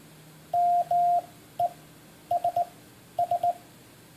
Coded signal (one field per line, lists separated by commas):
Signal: Morse code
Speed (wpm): 18 wpm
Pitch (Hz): 700 Hz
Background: none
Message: MESS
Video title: One Minute Morse, #22!